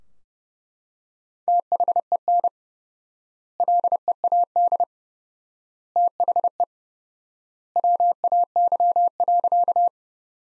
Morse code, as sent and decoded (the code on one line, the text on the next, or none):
- .... . -. / .-.. . .- -.. / - .... . / .-- .- -.-- .-.-.-
THEN LEAD THE WAY.